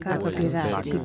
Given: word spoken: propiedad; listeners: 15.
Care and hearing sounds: one Spanish word in noise, from a listening test; four-talker babble; 0.9 dB; 3 of 15; 6 of 15; 0.66 s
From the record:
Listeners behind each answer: 6, 3, 2, 1, 1, 1, 1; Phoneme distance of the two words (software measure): 61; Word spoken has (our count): 3 syllables, 9 phonemes, stress on syllable 3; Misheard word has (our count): 3 syllables, 8 phonemes, stress on syllable 3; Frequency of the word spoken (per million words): 83.69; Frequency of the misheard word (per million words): 142.97

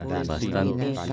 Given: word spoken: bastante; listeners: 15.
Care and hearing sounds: one Spanish word in noise, from a listening test; four-talker babble; -2.5 dB; 5 of 15; 6 of 15; 0.73 s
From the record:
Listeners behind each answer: 6, 5, 1, 1, 1, 1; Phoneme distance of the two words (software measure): 7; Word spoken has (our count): 3 syllables, 8 phonemes, stress on syllable 2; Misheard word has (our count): 3 syllables, 9 phonemes, stress on syllable 2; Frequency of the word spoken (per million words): 134.29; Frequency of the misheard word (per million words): 14.25

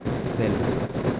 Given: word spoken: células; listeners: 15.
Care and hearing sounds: one Spanish word in noise, from a listening test; noise modulated by three-talker babble; -4.4 dB; 4 of 15; 6 of 15; 0.80 s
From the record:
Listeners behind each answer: 6, 4, 2, 1, 1, 1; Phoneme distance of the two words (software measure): 17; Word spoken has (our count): 3 syllables, 7 phonemes, stress on syllable 1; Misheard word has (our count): 2 syllables, 6 phonemes, stress on syllable 1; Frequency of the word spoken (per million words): 51.95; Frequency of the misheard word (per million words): 7.17

